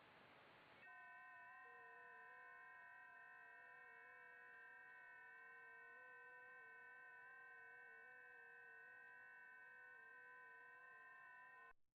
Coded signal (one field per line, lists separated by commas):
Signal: FT8